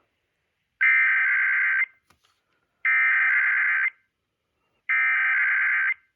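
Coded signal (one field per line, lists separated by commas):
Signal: Emergency Alert System (SAME) tones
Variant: header bursts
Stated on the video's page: Saturday night weekly tests.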